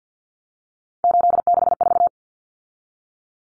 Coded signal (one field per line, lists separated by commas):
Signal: Morse code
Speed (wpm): 50 wpm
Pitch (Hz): 700 Hz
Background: none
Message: 864